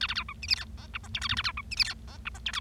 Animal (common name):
Bengalese Finch